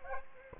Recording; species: mosquito wingbeat signal from an infrared sensor; Aedes aegypti